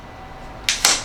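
A retractable buttstock on a rifle buffer tube is slid along the tube and latches at its end positions, fully extended and fully collapsed. Two sharp, bright clicks are heard at 0.7 s and 0.9 s over a quiet background. The stock is seated in each position.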